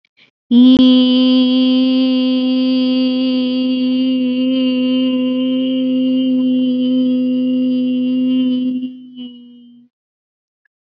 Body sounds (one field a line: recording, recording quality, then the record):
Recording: sustained vowel as in beet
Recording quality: excellent, no background noise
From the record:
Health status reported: COVID-19 positive, no symptoms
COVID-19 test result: positive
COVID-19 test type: RT-PCR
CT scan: not taken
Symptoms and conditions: none ticked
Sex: female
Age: 25 years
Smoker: no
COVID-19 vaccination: both doses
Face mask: not worn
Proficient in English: yes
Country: India